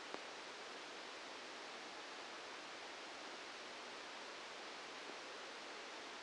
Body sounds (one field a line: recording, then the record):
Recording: brain microelectrode recording played as sound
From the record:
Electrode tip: inside the subthalamic nucleus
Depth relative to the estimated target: 1 mm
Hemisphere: right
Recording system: NeuroSet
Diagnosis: Parkinson's disease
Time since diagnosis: 8 years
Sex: male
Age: 65 years